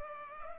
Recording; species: mosquito wingbeat signal from an infrared sensor; Culex pipiens